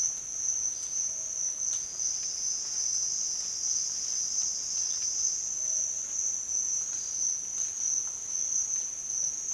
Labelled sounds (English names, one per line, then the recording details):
none
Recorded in dense forest near Puerto Asís, Putumayo, Colombia, on 27 June 2025 at 10:30
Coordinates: 0.468, -76.322
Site GP03